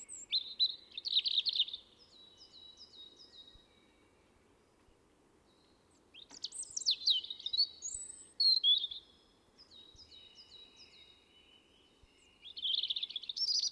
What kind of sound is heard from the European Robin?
song